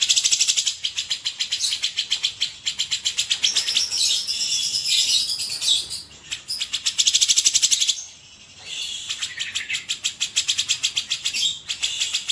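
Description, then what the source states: Grey-cheeked Bulbul song: long runs of fast, high-pitched ticking notes broken by short gaps and interwoven whistled sweeps, continuing throughout. Song used for training cage birds (masteran).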